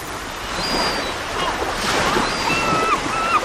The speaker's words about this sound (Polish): Statek. No brawo.